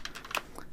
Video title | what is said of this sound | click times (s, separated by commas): 3DPS's Talon Drop Leg Holster Introduction | and it just snaps in place like that | 0.4 s